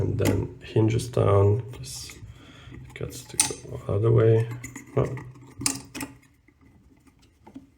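A plastic flush valve part for an Ideal Standard / Multibrand Prosys 80 cistern is hinged down and handled toward its mount in the cistern while someone talks. Sharp handling knocks come through at about 5.7 s and 6.0 s. Nothing has seated or clicked into place yet; the part is still being handled before it snaps in.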